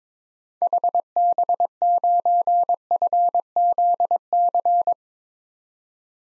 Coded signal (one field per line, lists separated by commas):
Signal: Morse code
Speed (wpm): 22 wpm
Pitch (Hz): 700 Hz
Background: none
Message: HB9FZC